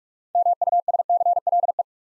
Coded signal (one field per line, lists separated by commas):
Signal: Morse code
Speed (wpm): 45 wpm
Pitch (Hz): 700 Hz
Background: none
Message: MUSCLE